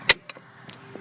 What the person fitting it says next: Okay, I'm sure you could hear that. It gave a nice positive click.